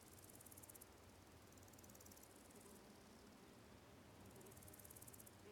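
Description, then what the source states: High pulsed cicada buzzing comes in short bursts at the start, middle and end, separated by quieter stretches of faint hiss. Countryside ambience of quiet fields with slowly calling cicadas, three of them close.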